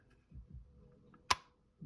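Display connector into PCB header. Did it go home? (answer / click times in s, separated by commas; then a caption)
yes / 1.3 s. A display panel's ribbon connector is pushed onto the header of a color DMD display's PCB while the board is supported from behind. After a few low handling bumps, it clicks into place with one sharp snap at 1.3 s, and the connector is seated.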